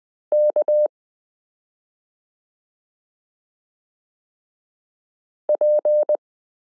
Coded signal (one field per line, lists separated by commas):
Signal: Morse code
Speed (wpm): 20 wpm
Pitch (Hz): 600 Hz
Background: none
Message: K P